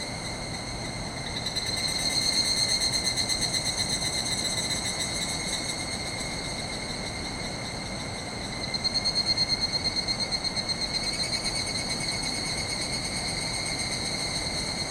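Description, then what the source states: Evening cicada chorus with two loud pulsing swells, one early and one near nine seconds, set against a continuous rushing-water roar. Chorus calling back and forth in forest after sunset, 31 July 2020, end of rainy season after heavy rain; distant swollen river roaring; recorded with ZOOM H6 and Sennheiser MKH8020.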